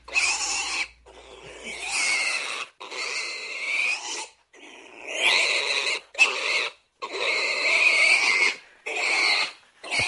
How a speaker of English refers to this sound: What am I going to do with this? What am I going to do with this pig sound that I got?